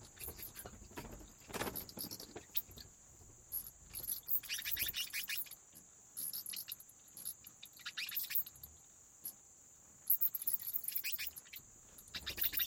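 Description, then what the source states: Bats flapping wings, short papery flutters repeating in clusters throughout, some louder than others, with a constant thin high whine underneath. Bats' wing flaps in a cave habitat.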